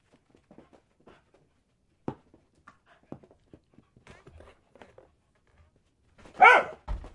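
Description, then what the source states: Dog gives one loud bark near the end after several seconds of light tapping and clicking sounds. Dog barking while playing fetch.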